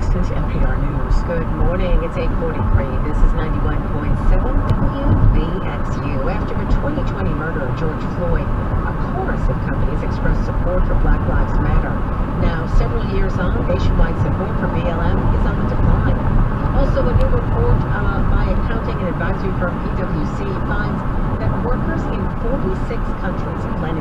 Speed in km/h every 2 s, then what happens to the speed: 64, 68, 68, 69, 71, 72, 74, 76, 76, 74, 71, 69.
0-16 speeds up to 76. 16-24 slows to 69.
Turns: none.